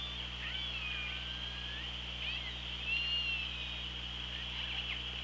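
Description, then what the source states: Orca whistles and calls: several drawn-out tonal sweeps, some rising and some falling, scattered through five seconds over constant hiss and low hum. Recorded on the OrcaLab hydrophone, 24 August 2017, at 16:52.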